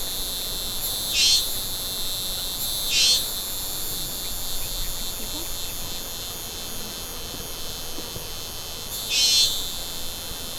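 Crickets sustaining a steady high-pitched trill, with three louder buzzy bursts standing out at irregular intervals.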